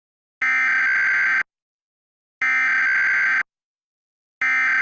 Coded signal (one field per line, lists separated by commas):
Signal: Emergency Alert System (SAME) tones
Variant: header bursts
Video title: DIRECTV Eas